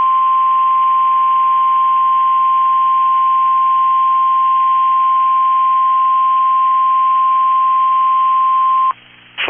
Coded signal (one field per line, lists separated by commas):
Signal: Emergency Alert System (SAME) tones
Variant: 1050 Hz attention tone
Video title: !EXTREMELY RARE! Civil Danger Warning for a phone outage in Rice County #EAS 205